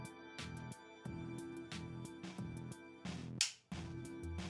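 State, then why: Torque reached. A torque tool tightens the metal stock screws that hold the receiver of a T/C Dimension rifle in its stock until the tool clicks at its setting. Music plays throughout, and the tool's strong, sharp click lands at 3.4 s, followed by a brief near-silence before the music resumes.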